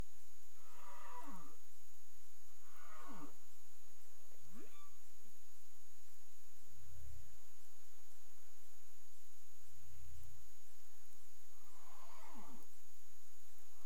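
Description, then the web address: Cetacean calls: repeated descending sweeps, one rising sweep, and two deep booming pulses midway, with a continuous high steady tone in the background. Recorded off Bermuda on 30 April 2021 at 02:35 UTC; labelled as clicks. "CARIMAM. BERMUDE 20213004 02 h 35 clic"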